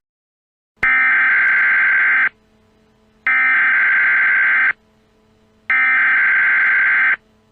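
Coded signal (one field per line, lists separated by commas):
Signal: Emergency Alert System (SAME) tones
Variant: header bursts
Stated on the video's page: Fictional mock EAS scenario following a summer thunderstorm.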